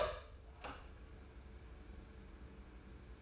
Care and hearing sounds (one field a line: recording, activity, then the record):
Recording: daily activity, microphone in the room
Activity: open door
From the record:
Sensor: 2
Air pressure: 1015.0 hPa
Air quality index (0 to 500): 128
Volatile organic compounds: 4 ppm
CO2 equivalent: 1638 ppm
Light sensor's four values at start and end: 13/36/14/16 and 13/36/14/15